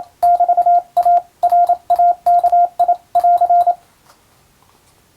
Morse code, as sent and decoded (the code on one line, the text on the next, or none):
-...- .- / .-. .- -.- .. .-.-.
<BT>A RAKI<AR>